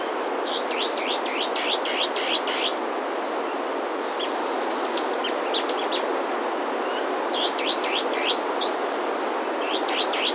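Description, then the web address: Foothill antwren song: repeated runs of fast, high notes, with a drawn-out thin whistle at about four seconds, over a steady hiss. Andean bird, South America. "Natures Songs S America Andean Birds. Foothill Antwren (Myrmotherula Spodionota)"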